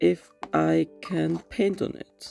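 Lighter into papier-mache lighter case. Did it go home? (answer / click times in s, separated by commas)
no / none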